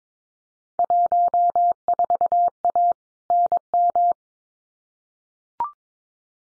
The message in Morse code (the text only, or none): 14A NM